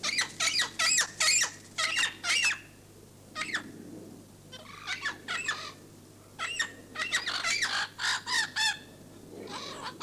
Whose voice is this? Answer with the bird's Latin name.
Amazona festiva